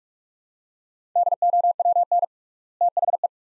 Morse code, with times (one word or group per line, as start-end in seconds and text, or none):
1.2-2.2 DOWN
2.8-3.3 THE